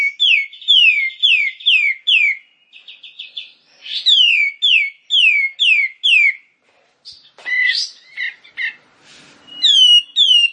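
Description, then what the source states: Bar-winged prinia song: repeated clear, downslurred whistled notes about two per second, in phrases broken by short pauses and a few harsher notes. Rice-field (sawah) variety.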